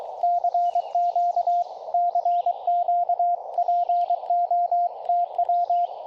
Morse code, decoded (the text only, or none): CQ CQ POTW